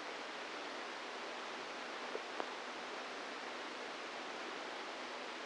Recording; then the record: brain microelectrode recording played as sound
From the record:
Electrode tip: inside the subthalamic nucleus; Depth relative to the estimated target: 1 mm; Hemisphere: right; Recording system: NeuroSet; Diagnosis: Parkinson's disease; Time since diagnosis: 10 years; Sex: female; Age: 45 years